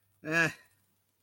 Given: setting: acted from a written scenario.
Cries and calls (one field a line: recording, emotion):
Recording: vocal sound without words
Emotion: neutral